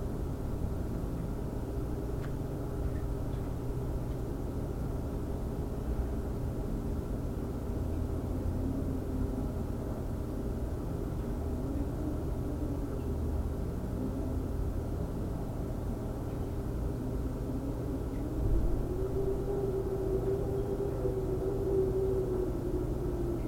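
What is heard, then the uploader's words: Wind roars low and steady throughout, a dense rumbling hush with slow swells and a thin, moaning whistle that rises briefly near the end. Faint, sparse ticks, perhaps drips, sit high above the wind now and then. The wind rocks me gently. I love listening to the wind and its voice as it travels around, and the constant drip of the tap is comforting reminder that I'm home. Recorded by Michelle Breslin.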